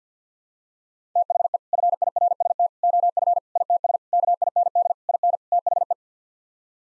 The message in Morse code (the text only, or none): THE FIRST OF ITS KIND IN THE